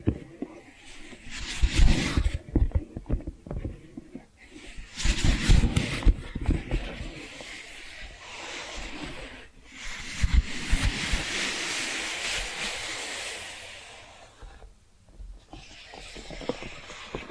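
Tapping and scratching come in dense, crackly bursts of a few seconds each, separated by short pauses near 4, 9.5 and 15 seconds. The scratching is bright and hissy, while quick taps add soft low thumps, loudest around 2 and 5 seconds.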